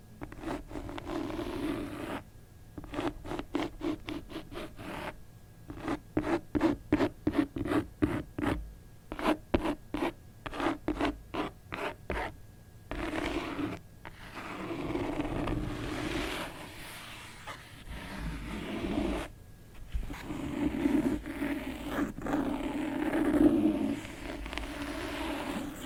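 Book scratching in rapid rhythmic bursts of short scrapes from about 2 to 14 seconds, then slower, smoother rubbing with a low hum beneath.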